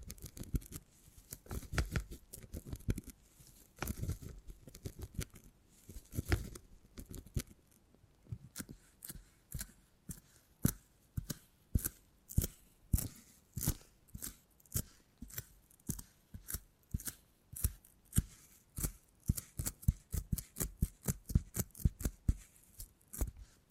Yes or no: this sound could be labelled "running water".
no